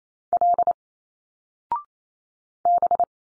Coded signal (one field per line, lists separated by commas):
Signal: Morse code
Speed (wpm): 28 wpm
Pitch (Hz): 700 Hz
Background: none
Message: L B